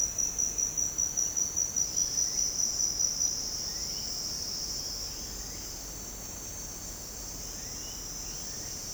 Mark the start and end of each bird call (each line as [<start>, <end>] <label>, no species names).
[0.16, 0.75] bird call
[2.15, 2.53] bird call
[3.57, 4.08] bird call
[7.47, 8.76] bird call